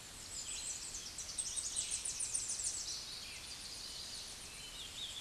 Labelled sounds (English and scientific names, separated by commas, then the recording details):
Tennessee Warbler (Leiothlypis peregrina) song
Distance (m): 30 m
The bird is about 5 m above the microphone
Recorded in a Pennsylvania forest on 16 May 2024 at 09:52
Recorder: AudioMoth, point MSD-1401
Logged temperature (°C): 16.4 °C
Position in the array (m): 74 m, 198 m